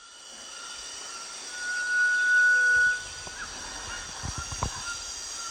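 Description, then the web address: Variegated tinamou giving one long, steady, pure whistle over a hissing background, with a few soft clicks afterward. Ecuador. "S America Birds of Ecuador. Variegated Tinamou"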